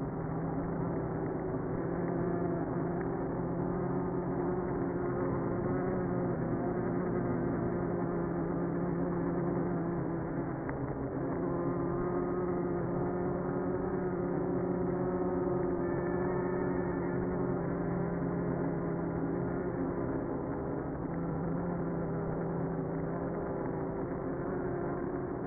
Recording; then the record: honeybee colony, microphone inside the hive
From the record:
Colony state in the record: queenless (queen removed); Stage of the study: after two queens were removed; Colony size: about 60,000 bees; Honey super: yes